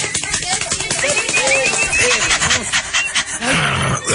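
A dog named Wisepi pants hard and rhythmically while ripping at a plush toy, with scratchy tearing noise and a few short whiny grunts running through the whole stretch.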